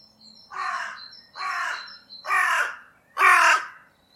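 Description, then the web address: Bird giving four harsh, raspy caw-like calls, about one per second, each a little louder than the last. "cianscape. Deverinetal 2025. Bird Only"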